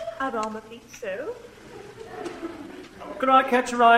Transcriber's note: laughs